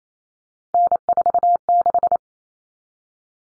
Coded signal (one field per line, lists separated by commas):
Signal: Morse code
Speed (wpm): 28 wpm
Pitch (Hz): 700 Hz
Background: none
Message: N46